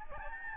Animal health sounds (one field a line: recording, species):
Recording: mosquito wingbeat signal from an infrared sensor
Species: Aedes albopictus